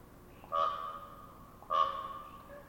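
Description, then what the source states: Common raven calls: two resonant notes about a second apart, each with a sharp onset, over a quiet background. Ravens exchanging popping calls in a conversation-like series.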